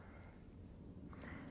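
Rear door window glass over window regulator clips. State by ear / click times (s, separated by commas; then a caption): not seated / none. The rear door window glass of a 2009–2012 Ram 1500 Quad Cab is lined up over the window regulator clips and held in place, ready to be pushed down. A low, steady handling rumble runs throughout, with a brief faint tick near 1.1 s and a brighter rustle around 1.2–1.3 s. Nothing has seated or clicked yet.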